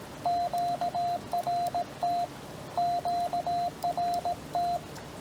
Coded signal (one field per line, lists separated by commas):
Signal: Morse code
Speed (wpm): 17 wpm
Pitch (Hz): 700 Hz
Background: radio noise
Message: QRT QRT